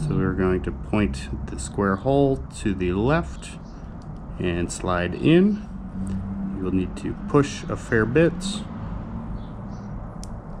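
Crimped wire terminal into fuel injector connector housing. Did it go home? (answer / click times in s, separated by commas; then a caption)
yes / 10.2 s. A crimped wire terminal is pushed into the square cavity of a Bosch EV6/EV14 fuel injector connector housing while someone talks over a low steady hum. A short, sharp click at 10.2 s marks the terminal's clip snapping into place, and the terminal is seated.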